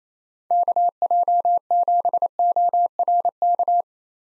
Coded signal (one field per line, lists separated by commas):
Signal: Morse code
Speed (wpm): 28 wpm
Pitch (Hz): 700 Hz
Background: none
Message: KJ7ORK